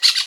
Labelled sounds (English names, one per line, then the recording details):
Brown-throated Parakeet contact call
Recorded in Venezuela
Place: Guárico; Corozopando; Fundo La Fe
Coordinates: 8.506, -67.593